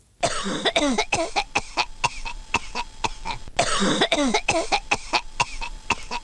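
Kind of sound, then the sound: human body sound, coughing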